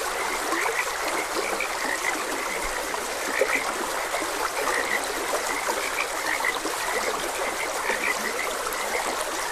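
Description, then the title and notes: Croaking frogs in a continuous overlapping chorus, bright repeated notes over the even hiss of running water. Frogs croaking beside a gentle stream. "Gentle Stream and Frogs Croaking. Sleep and Relaxation Podcast"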